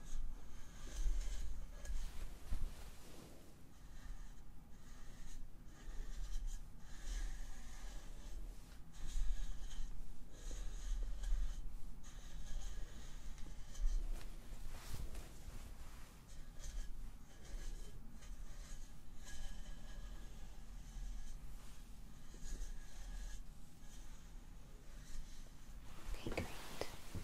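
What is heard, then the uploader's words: Layered massage sounds on face, neck and scalp: steady soft rubbing and brushing with dense, crackly texture throughout. Brief louder scratches and taps break through every few seconds, with a sharper swell near the end. A low hum sits underneath. ASMR Tingle Spa Face, Neck & Scalp Massage (Layered Sounds).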